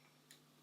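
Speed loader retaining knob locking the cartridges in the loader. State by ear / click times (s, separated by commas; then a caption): seated / 0.3 s. The retaining knob of a speed loader for an Umarex S&W M629 Magnum airsoft revolver is turned once after the loader, filled with cartridges, is pressed down. A single quiet, sharp tick at 0.3 s stands out over a steady low background hum. The knob clicks locked, holding the cartridges so they can't fall out.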